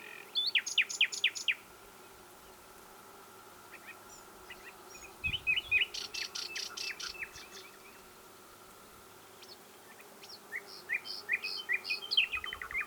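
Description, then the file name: Common nightingale song in separate phrases: fast repeated whistled notes, later a series of harsh rattling pulses, then varied chirps and a rapid descending trill. "Luscinia megarhynchos"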